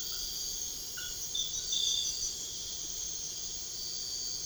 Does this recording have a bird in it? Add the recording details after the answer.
no. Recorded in secondary vegetation near Puerto Asís, Putumayo, Colombia, on 13 March 2025 at 03:00. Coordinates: 0.488, -76.319. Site G095